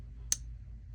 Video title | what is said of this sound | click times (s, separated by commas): FORTIS knife by Dashkoff Knives & ClarkMods #knifereview #edc #edcknife #blade | you can just hear the detent click on the shot and it is | 0.3 s